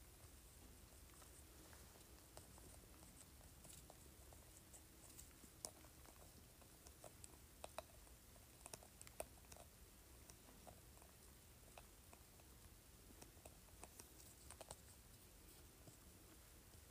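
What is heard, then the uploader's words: A spray bottle lid being scratched gives a run of small, sharp scrapes and ticks over a low, steady rumble. The clicks come irregularly, sparse at first and bunching more densely from about seven to ten seconds, with a few louder snaps scattered throughout. ASMR Scratching Spray Bottle Lid.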